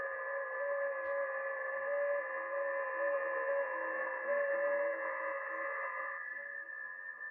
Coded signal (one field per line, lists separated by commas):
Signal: FT8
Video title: Danny Shortwave And Radio DX Live Stream #144 9/22/2024